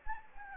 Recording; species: mosquito wingbeat signal from an infrared sensor; Anopheles gambiae